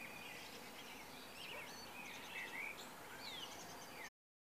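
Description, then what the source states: Birds give quick high chirps and a few clear whistled slurs, several calling together over hiss, before the sound cuts off abruptly. Recorded in March 2014.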